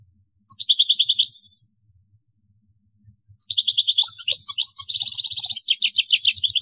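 European goldfinch song: a short burst of fast, tinkling, twittering notes high in pitch, a pause, then a longer rapid run of liquid trills.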